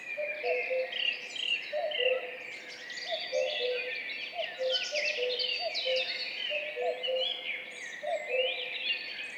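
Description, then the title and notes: Common cuckoo calls, low two-note cu-coo phrases repeated steadily, beneath a busy chorus of high chirping and warbling songbirds. Two common cuckoos calling in duet at dawn, 5:20, 14 May 2019, in spring, on a track in Val Maravel; stereo, MixPre-3 recorder with MKH 8020 microphones. "Duo de coucou. 14 mai 2019-Piste aux espagnols - Val Maravel - 5h20. un mémorable duo de deux coucous gris"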